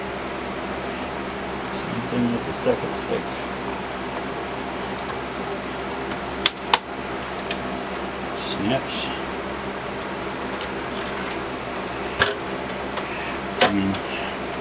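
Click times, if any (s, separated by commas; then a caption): 6.5 s, 6.7 s. A second DDR3L RAM stick is pressed firmly into the DIMM slot of a Dell 3040 desktop motherboard during an 8GB to 16GB upgrade, with each side pushed down until its retaining clip closes. Someone talks briefly over a steady fan-like hum, then two sharp clicks at 6.5 s and 6.7 s mark the two clips snapping home, one per clip. A few softer knocks follow, and the module is seated.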